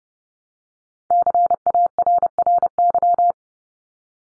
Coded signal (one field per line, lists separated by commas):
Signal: Morse code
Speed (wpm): 30 wpm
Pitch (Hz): 700 Hz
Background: none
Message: CARRY